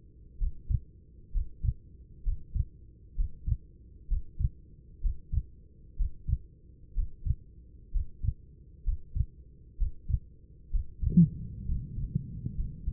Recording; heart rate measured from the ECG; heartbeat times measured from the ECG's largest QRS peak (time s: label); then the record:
heart sounds by stethoscope; 64 bpm
0.38 s: heartbeat
1.32 s: heartbeat
2.23 s: heartbeat
3.15 s: heartbeat
4.08 s: heartbeat
5.01 s: heartbeat
5.97 s: heartbeat
6.94 s: heartbeat
7.92 s: heartbeat
8.84 s: heartbeat
9.77 s: heartbeat
10.70 s: heartbeat
11.66 s: heartbeat
12.55 s: heartbeat
From the record:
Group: healthy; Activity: breath hold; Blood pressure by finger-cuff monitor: 130/73 mmHg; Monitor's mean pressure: 89 mmHg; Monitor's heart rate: 64 bpm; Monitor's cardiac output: 6.8 L/min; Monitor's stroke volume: 106 mL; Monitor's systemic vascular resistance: 960 dyn s/cm5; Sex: male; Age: 24 years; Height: 184 cm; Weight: 89 kg